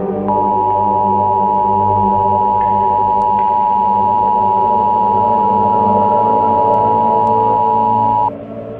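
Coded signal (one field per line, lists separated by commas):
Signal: Emergency Alert System (SAME) tones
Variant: 853 and 960 Hz attention tone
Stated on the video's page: Simulated real-time Emergency Alert System broadcast, a fictional nuclear war scenario.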